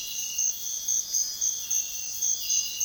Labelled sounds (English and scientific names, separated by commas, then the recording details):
none
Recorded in secondary vegetation near Puerto Asís, Putumayo, Colombia, on 4 March 2025 at 05:30
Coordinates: 0.498, -76.327
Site G001